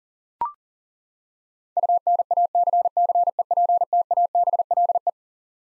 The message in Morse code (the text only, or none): UNACCEPTABLE